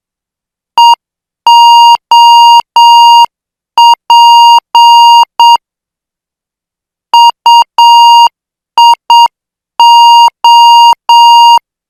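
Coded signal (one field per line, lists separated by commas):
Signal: Morse code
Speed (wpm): 7 wpm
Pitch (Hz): 940 Hz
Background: none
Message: EOP UIO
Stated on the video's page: Morse practice of international five-character code groups at 8 words per minute.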